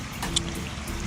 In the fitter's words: um so it's got a really pretty strong snap into place